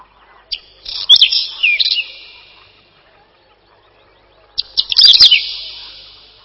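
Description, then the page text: Whinchat song: two scratchy phrases of quick clicks and downslurred whistles about four seconds apart, each fading into a ringing tail. "Луговой чекан — Saxicola rubetra"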